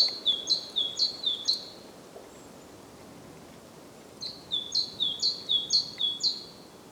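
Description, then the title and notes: Great tit singing a clear, see-sawing two-note motif repeated four times, silence for a couple of seconds, then a second run of several phrases. Recorded at Głodówka, Žilina Region, Slovakia, with a Zoom F3 recorder and Usi Pro microphones. "Głodówka, Kraj żyliński, Słowacja - Great voice of a great tit. Recordist: Maciej Wirmański"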